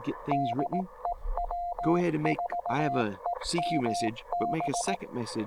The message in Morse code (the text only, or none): DE W4EMB